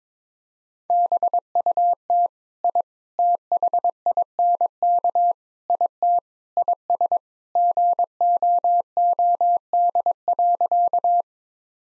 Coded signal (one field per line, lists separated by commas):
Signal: Morse code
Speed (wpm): 22 wpm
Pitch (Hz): 700 Hz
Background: none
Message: BUT I THINK IT IS GOOD.